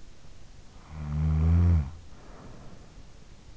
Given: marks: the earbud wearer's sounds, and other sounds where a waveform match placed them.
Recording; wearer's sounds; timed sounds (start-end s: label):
sounds in sleep by an in-ear microphone; snoring breath
0.39-3.32 s: snoring breath